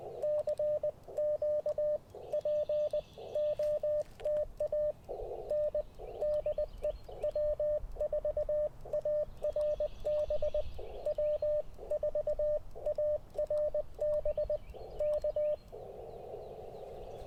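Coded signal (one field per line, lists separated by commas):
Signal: Morse code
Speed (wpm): 20 wpm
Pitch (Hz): 600 Hz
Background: none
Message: CQ POTA N DE W4ARB W4ARB K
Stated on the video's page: QRP CW Parks on the Air activation on a WARC band from a national forest, Icom IC-705 with Chelegance MC-750 antenna.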